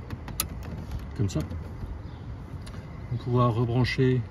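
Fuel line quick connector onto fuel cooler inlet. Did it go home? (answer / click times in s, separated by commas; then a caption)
yes / 0.4 s. A plastic quick-connect fuel line is pushed onto the fuel cooler inlet of a Td5 engine, during a repair of a leaking fuel pressure regulator rather than its replacement. A sharp, loud click at 0.4 s marks the connector seating, surrounded by fainter ticks near 0.1, 0.3, 0.7 and 2.7 s. Someone talks toward the end.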